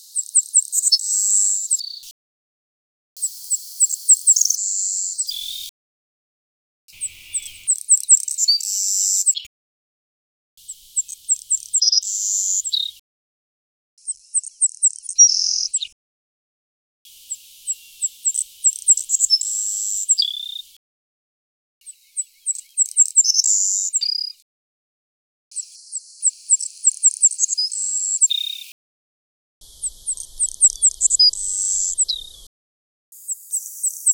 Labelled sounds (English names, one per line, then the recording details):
Savannah Sparrow song
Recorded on Kent Island, New Brunswick, in 2005